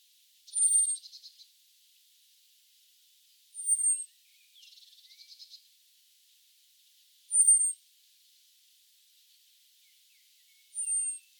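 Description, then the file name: Common blackbird giving thin, high, slightly falling seee notes every few seconds, with soft buzzy rattling phrases between them. "Turdus merula"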